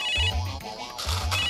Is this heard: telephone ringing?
yes